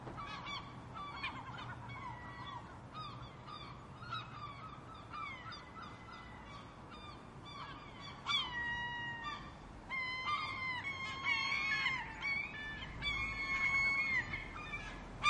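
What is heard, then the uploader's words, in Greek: Gulls call from the ground, a dense mix of overlapping squawks and mewing cries. The calling grows louder and busier after about eight seconds, with long wailing calls near the end. A low, steady rumble runs underneath throughout. Γλάροι στην στεριά.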